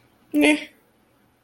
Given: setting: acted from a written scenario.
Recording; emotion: vocal sound without words; neutral